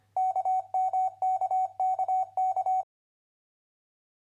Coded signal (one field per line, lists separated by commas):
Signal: Morse code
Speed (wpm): 26 wpm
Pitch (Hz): 750 Hz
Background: none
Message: KMKKK